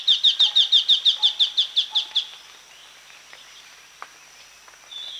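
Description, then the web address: Scaly-crowned babbler song: a quick series of high, sharp notes lasting about two seconds, then quiet. Recorded at Danum on 1 January 2008. "DANUM 20080101. scaly-crowned babbler"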